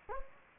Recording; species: mosquito wingbeat signal from an infrared sensor; Anopheles gambiae